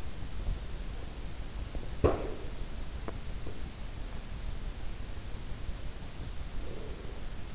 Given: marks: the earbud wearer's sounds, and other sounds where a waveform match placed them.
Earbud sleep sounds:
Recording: sounds in sleep by an in-ear microphone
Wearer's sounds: breath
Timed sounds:
1.84-2.73 s: breath
6.34-7.55 s: breath

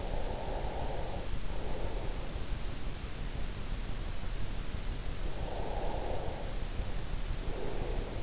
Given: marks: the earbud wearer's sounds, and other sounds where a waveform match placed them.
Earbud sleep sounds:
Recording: sounds in sleep by an in-ear microphone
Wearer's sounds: breath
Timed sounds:
0.00-2.11 s: breath
5.64-8.23 s: breath

